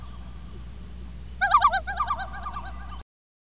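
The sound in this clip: Loon call, a short burst of quavering, laughing notes that fades after about a second, over a steady low hum.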